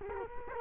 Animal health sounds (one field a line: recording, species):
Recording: mosquito wingbeat signal from an infrared sensor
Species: Culex quinquefasciatus